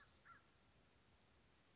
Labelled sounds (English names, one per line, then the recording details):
American Crow
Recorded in Sonoma County, California